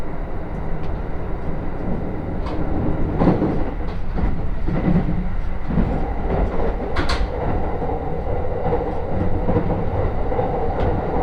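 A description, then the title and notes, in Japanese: A train ride on the Utsunomiya Line, heard as a steady, dense low rumble of the carriage rolling along. Brief clicks and knocks of the wheels over the rails come irregularly, with a sharper burst of noise around seven seconds, while the overall loudness stays even throughout. 鉄道旅 宇都宮線 浦和→古河。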